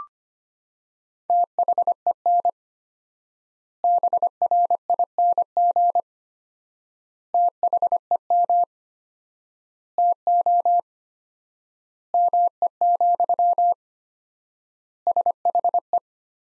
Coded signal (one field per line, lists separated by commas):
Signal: Morse code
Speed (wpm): 25 wpm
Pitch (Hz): 700 Hz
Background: none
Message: THEN BRING THEM TO ME, SHE